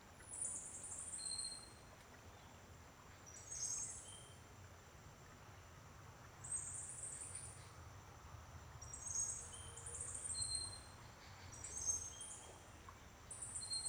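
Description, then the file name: Bird song: sharp, very high trilled bursts repeated at irregular intervals, with occasional brief thin whistles between them, over low steady hiss. Birds singing at dawn. "Passaros cantando no amanhecer"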